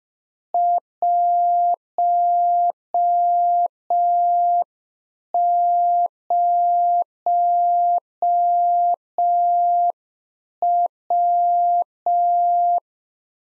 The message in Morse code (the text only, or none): 10W